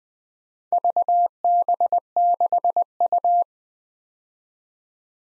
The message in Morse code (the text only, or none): VB6U